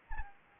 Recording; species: mosquito wingbeat signal from an infrared sensor; Anopheles gambiae